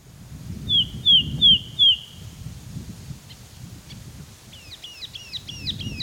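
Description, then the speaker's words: Sultan Tit giving four clear downslurred whistles in a quick series, followed by a rapid series of sharp notes, over low rumbling background noise. Singing and calling; recorded in the rainforests of northern Vietnam. "Well, here's a sultan tit singing and calling in the rainforests of northern Vietnam."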